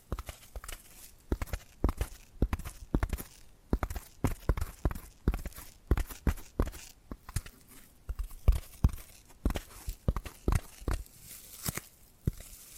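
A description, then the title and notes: Dry tapping and scratching, with sharp taps arriving every half second or so in an uneven rhythm across the whole clip. Between the taps, soft rustling scratches fill the gaps. The sound is crisp. ASMR Hypnotic Tapping and Scratching Sounds (No Talking).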